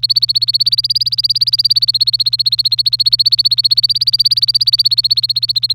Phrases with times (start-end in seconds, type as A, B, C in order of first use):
0.00-5.73 A